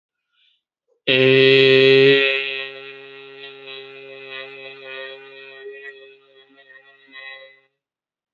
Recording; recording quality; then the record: sustained vowel as in made; excellent, no background noise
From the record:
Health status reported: healthy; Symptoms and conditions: none ticked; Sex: male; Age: 21 years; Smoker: not ticked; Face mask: not worn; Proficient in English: yes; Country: India